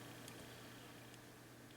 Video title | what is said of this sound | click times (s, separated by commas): Let's Build Agora Models Mitsubishi A6M Zero Fighter (1/18 scale) - Pack 3 Cockpit | and you don't glue it you just set it in there just snaps right in place that's so nice | 0.3 s